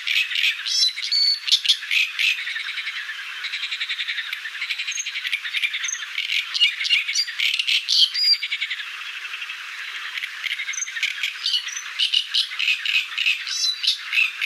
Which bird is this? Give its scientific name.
Acrocephalus arundinaceus